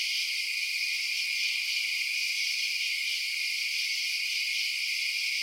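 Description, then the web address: Night insects form a continuous high-pitched buzzing wash, even and unchanging, with no other sounds. Outdoor night ambience of insects. "Blast Wave Update 3 Night Insects"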